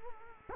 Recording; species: mosquito wingbeat signal from an infrared sensor; Culex quinquefasciatus